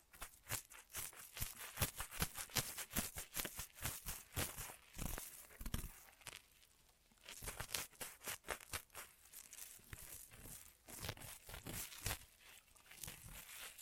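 Ear massage triggers: dense, rapid rustling and crinkling sounds, like hands rubbing and pressing, with sharp bright crackles throughout. Activity is busy for the first six seconds, eases briefly around six to seven seconds, then resumes with similar uneven, fast scratching.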